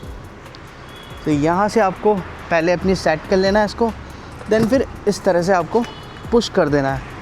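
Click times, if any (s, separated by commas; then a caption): none. A luggage top box is lined up on the rear rack mounting plate of a KTM Adventure 390 motorcycle and pushed down toward it while someone talks. Nothing has seated or clicked yet when the clip ends.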